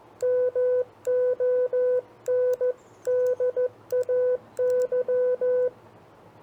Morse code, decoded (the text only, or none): MONDAY